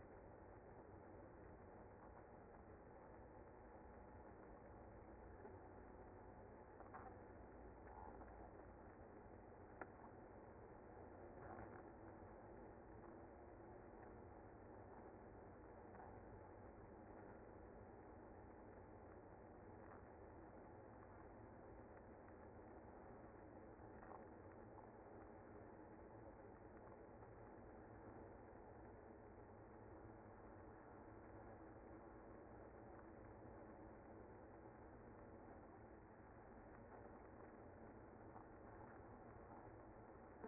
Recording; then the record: honeybee colony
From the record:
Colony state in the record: active